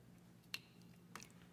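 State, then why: Seated. The HDMI cable end coming from the camera is pushed into an HDMI-to-Thunderbolt converter adapter, and it pops in with a sharp, bright click at 0.6 s. A fainter pair of clicks follows around 1.2 s over a steady low hum. The cable is seated in the adapter.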